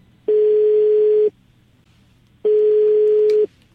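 Two long, steady ringback tones, each about a second, separated by a gap of similar silence, a single mid-pitched buzzing note repeating like an unanswered phone call ringing over a line.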